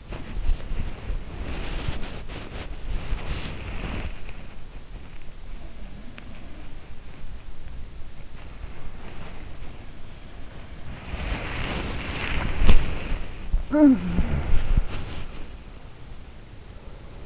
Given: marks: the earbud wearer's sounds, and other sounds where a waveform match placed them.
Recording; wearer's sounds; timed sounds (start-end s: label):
sounds in sleep by an in-ear microphone; body movement, talking in sleep
0.00-17.26 s: body movement
5.40-6.92 s: sound from someone else or the room
13.58-14.23 s: talking in sleep
13.70-15.73 s: sound from someone else or the room